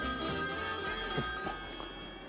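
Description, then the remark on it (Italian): A telephone rings in a Maurizio Crozza comedy sketch on the radio show 24 Mattino, a bright, sustained tone that holds steadily for a couple of seconds without a break, fairly loud and with no voices over it. “Provate a chiamarmi da casa. Telefonatemi.”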